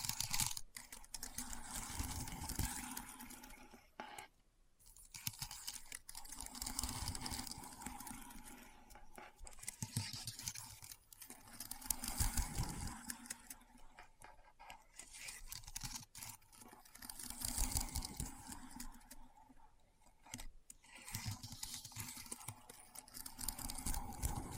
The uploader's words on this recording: ASMR Keyboard Sounds (No Talking).